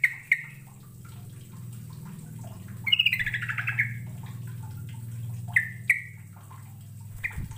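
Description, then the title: Bird giving a few sparse chirps and one short chirping run, partly masked by a loud, steady low hum throughout. "Kicau Burung"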